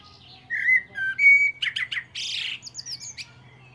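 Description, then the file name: Common blackbird song phrase: mellow fluted whistles, then a burst of buzzy, scratchy notes and a high squeaky twitter at the end. "Turdus merula"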